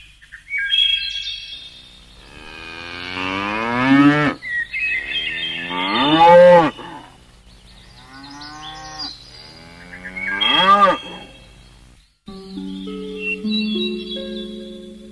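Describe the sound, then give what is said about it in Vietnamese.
Water buffalo and cattle returning to their pens at sunset by a river moo from a distance in a series of long, drawn-out calls that swell and fall in pitch, while small birds chirp and tweet faintly in the background. No one speaks. “Duy có tiếng trâu bò về chuồng giống từ đằng xa vẳng đưa lại.”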